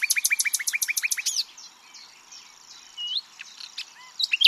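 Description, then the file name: Common nightingale opening with a fast, regular rattle of repeated notes, followed by quieter scattered whistles and chips. "Luscinia megarhynchos"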